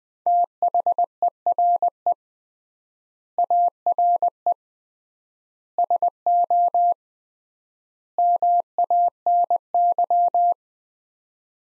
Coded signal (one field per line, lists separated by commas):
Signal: Morse code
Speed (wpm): 21 wpm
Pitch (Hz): 700 Hz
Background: none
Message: THERE ARE SO MANY